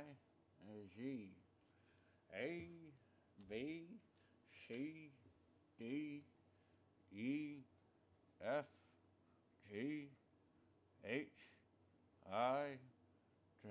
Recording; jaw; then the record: letters of the alphabet, spoken; constrained by a bite bar between the teeth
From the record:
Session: first day, right after the free take